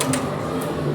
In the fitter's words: we heard a couple clicks you can see a little bit of red right there there and look at that